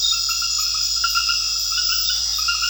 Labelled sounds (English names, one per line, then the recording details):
none
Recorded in secondary vegetation near Puerto Asís, Putumayo, Colombia, on 4 March 2025 at 21:30
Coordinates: 0.498, -76.327
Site G001